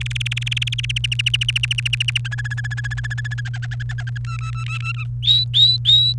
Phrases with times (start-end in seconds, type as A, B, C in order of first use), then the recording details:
0.01-0.98 A, 1.04-2.18 B, 2.25-3.41 C, 3.45-4.18 D, 4.25-5.04 E, 5.23-6.13 F. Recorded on 29 April 2018 at 18:19. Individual llb3